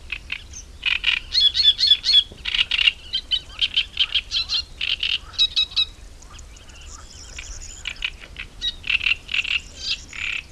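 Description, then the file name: Great reed warbler song: loud, harsh phrases of grating, croaking and chattering notes delivered in rapid bursts with short pauses, some higher squeaky notes mixed in, over a low background rumble. "Acrocephalus arundinaceus"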